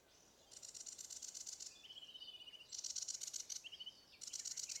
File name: Acrocephalus schoenobaenus - Sedge Warbler